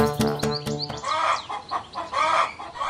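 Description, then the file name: Chicken clucking in short, throaty bursts after a second of harmonic plucked notes at the start, with a few higher chirps mixed in. "freddy huhn"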